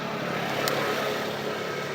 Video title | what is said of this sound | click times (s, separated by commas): 1999-2007 Chevy Silverado 1500 Alternator Replacement 4.3 V6 (Part 3) | Did you hear that click? Probably not. | 0.7 s